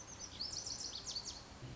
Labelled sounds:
Lazuli Bunting
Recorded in Sonoma County, California

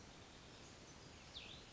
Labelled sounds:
Cassin's Vireo
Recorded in Sonoma County, California

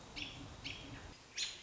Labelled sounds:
American Robin
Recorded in Sonoma County, California

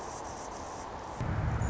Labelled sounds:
Anna's Hummingbird
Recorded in Sonoma County, California

